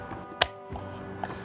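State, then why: Seated. A plastic spool cover lid on the trimmer line head of a Bosch EasyGrassCut 26 strimmer is slid on with its buttons lined up in the guide holes. It snaps into place with a sharp click at 0.4 s, followed by a fainter tap at 1.2 s over a steady low hum. The lid is seated.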